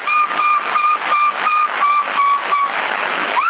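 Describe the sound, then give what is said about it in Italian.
A steady whistled tone over a CB radio channel in Sassari, March 2007, held at one pitch with a faint overtone, broken into short pulses about twice a second against a crackly, band-limited hiss. “Fischia un attimo.”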